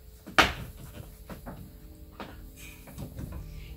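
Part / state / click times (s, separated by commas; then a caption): child car seat ISOfix connector arm into vehicle ISOfix anchor / seated / 0.4 s. An AxKid ONE+ child car seat's ISOfix connector arm is pushed toward the vehicle's ISOfix anchor, and a single loud, sharp click rings out at 0.4 s. A much fainter knock follows at about 2.2 s, amid low handling noise. The ISOfix arm is seated home on the anchor.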